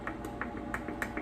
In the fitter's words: hope you can hear that. It's not sealed.